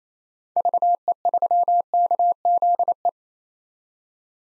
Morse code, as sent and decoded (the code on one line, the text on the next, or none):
...- . ...-- -.- --.. .
VE3KZE